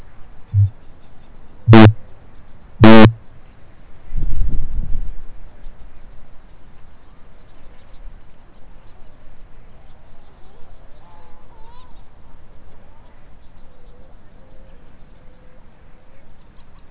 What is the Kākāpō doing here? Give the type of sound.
boom